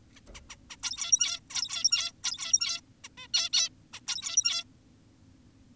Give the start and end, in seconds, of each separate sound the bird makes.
0.16-0.20, 0.34-0.41, 0.50-0.56, 0.70-0.76, 0.83-1.40, 1.50-2.12, 2.24-2.81, 3.04-3.09, 3.18-3.28, 3.34-3.50, 3.53-3.69, 3.93-4.00, 4.08-4.64